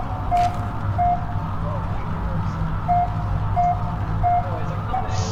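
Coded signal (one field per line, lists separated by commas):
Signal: none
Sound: game's beeping sounds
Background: speech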